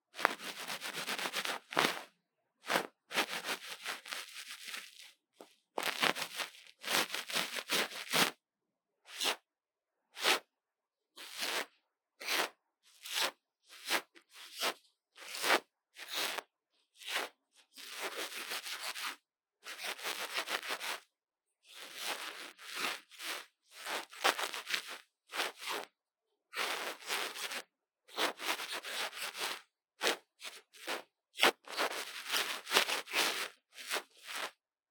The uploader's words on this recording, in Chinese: ASMR 刺痛注意!!幫手機掏掏耳朵 | Lo-fi | Ear Cleaning | NO Talking。